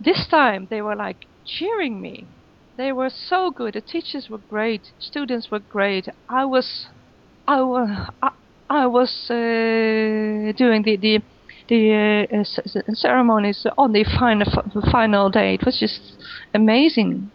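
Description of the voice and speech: An adult woman speaks with stuttering disfluency: she repeats "I was" several times, repeats "the", holds a long vowel before words, and prolongs sounds such as the "s" of "ceremonies" and the "f" of "final".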